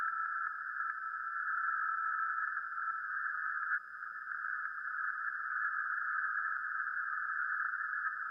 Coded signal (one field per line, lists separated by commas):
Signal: FT8